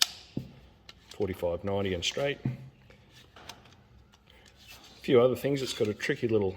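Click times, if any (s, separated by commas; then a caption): 0.0 s. The metal indexing head of a handheld Kincrome indexing head blow torch (part no. K15355) is rotated on the torch body until it locks into one of its three detent positions, 45°, 90° and straight, with a sharp click at 0.0 s. It is seated, followed by a few faint ticks and handling rubs while someone talks.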